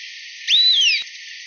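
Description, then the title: Long-tailed Tyrant uttering one clear whistled note that shoots upward, holds briefly, then glides down, with an overlapping fainter descending note. "LuckyPassaro Completos2Sama. Long-tailed Tyrant (Colonia colonus)"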